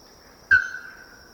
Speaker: But yeah, no, the bellbird would definitely have to be the natural sound for this episode.